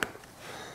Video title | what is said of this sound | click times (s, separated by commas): SD Biosensor Test: POSITIVE Result in 1:40! (Did USPS Send You This Test?) | Once that's all set, you're gonna take your little cover, pop it on, you're gonna hear a little snap, turn around, put it upside down. | 0.0 s